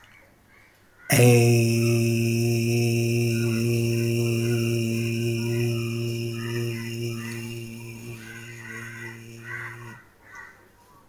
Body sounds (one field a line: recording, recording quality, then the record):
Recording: sustained vowel as in made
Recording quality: excellent, no background noise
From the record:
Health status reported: healthy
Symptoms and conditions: none ticked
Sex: male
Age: 37 years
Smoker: not ticked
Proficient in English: yes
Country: India